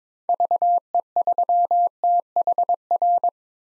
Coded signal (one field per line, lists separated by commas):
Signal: Morse code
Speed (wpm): 22 wpm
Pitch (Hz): 700 Hz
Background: none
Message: VE3THR